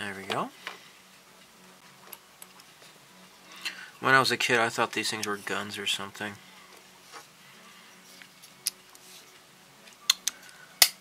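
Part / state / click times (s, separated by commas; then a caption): small plastic kit parts into the model aircraft / seated / 10.1 s, 10.3 s, 10.8 s. Someone talks while small plastic kit parts are pressed onto a Hasegawa Eggplane P-38 Lightning model aircraft, with faint ticks in between. Sharp, loud clicks at 10.1, 10.3 and 10.8 seconds mark the parts snapping into place, seated.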